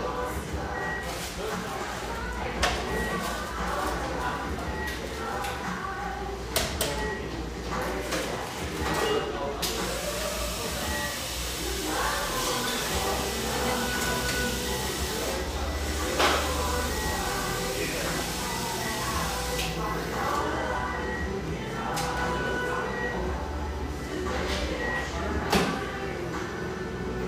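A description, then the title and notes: Busy cafe chatter with overlapping voices and clinking dishes, a loud hiss from about ten to twenty seconds, and a steady low rumble underneath. Our final Portland recording session (for now) takes place in this industrial-aesthetic cafe in Portland's pictureesque Grant Park neighborhood.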